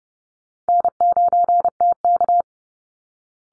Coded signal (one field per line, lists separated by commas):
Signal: Morse code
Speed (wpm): 28 wpm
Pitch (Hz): 700 Hz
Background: none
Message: N9TK